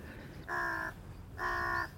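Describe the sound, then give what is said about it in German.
Two ravens give two harsh, drawn-out caws, each about half a second long with a gap between them, standing out loudly over a low, steady background rumble. “Schauen Sie die beiden Raben dort.”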